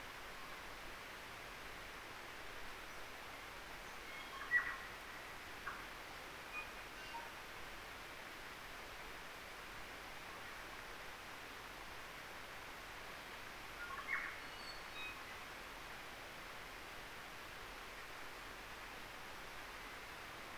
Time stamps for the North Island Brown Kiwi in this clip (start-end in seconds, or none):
none